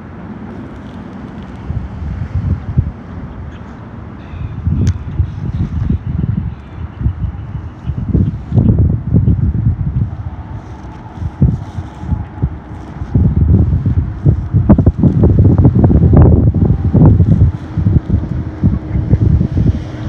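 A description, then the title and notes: An outdoor walk along a canal, dominated by low, buffeting rumbles of wind against the microphone that come in irregular gusts and grow heavier and more constant after about fourteen seconds. A faint steady hum, like an engine, sits underneath in the middle stretch. A Walk on the Canal. The sun was shining, there was a nice crisp breeze, and the sky was filled with the most magnificent clouds.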